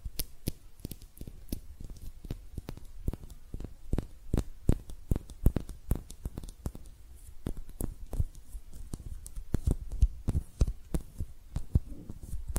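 Hand sounds made without talking: a steady run of sharp taps and clicks, roughly three to four per second, each one brief and crisp from low thump to bright snap. Softer rustling and tearing-like scrapes fill the gaps throughout.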